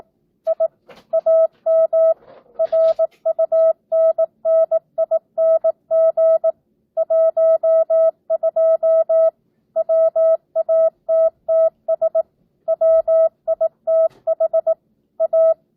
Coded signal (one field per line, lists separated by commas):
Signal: Morse code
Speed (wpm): 18 wpm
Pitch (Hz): 650 Hz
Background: none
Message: I AM RUNNING 12 WATTS WITH A